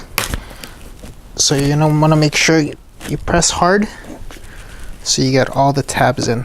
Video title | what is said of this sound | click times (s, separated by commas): Diode dynamics c-light install part 2 | and you're gonna hear it click so | 0.2 s